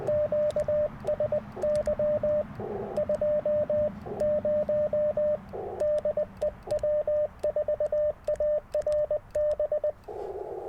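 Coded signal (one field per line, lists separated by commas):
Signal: Morse code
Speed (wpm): 20 wpm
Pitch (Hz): 600 Hz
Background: radio noise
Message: QSY 20 DE W4ARB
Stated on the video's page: QRP CW Parks on the Air activation with some DX, Icom IC-705, PackTenna random wire antenna and Elecraft T1 tuner.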